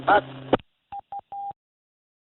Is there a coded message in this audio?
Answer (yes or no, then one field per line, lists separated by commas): no